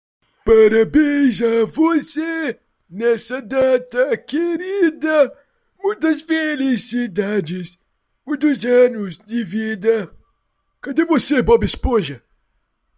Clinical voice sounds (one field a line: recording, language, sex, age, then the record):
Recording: short text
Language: Brazilian Portuguese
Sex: male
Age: 20 to 29 years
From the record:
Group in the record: control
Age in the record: 28 years